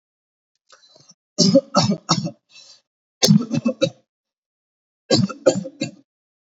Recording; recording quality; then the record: heavy voluntary cough; excellent, no background noise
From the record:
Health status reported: COVID-19 positive, mild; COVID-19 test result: positive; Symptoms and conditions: cough, cold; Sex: male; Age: 26 years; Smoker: not ticked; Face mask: not worn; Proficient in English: yes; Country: India